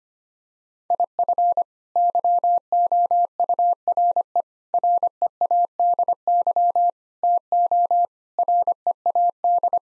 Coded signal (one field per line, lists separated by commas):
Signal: Morse code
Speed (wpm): 25 wpm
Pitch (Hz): 700 Hz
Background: none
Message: IF YOURE READY TO READ